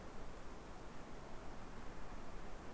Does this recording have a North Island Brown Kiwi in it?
no